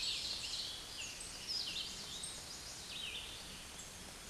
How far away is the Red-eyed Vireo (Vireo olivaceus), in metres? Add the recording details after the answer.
about 30 m. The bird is about 10 m above the microphone. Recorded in a Pennsylvania forest on 16 May 2024 at 09:03. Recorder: AudioMoth, point MSD-0475. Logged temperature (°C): 12.3 °C. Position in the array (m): 150 m, 28 m